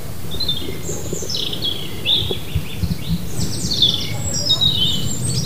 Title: Forêt Domaniale de Carnelle, France - un chien se baigne dans le lac, les oiseaux entendus dans la forêt